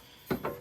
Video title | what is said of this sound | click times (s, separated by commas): Transmission Fluid Service - Everything that can go wrong! | it pops right in i'm gonna | 0.3 s, 0.5 s